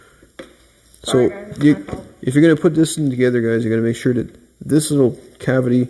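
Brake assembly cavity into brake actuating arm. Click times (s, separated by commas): 0.4 s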